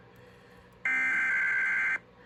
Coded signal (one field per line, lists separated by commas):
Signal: Emergency Alert System (SAME) tones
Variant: header bursts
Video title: THE END OF 2022 (FT. A CAE)... EAS Alerts from December 2022 (EAS #1,773 - 1,844)